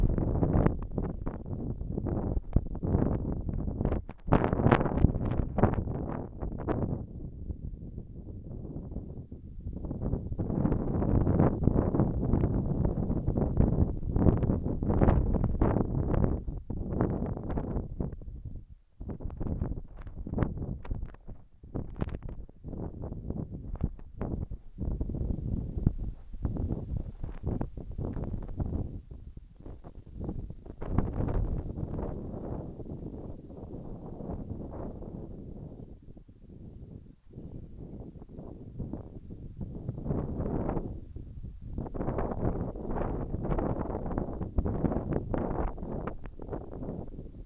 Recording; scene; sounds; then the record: everyday scene through a hearing-aid microphone; wind on the microphone; squally wind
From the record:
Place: in front of a rural house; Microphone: behind the ear, right, front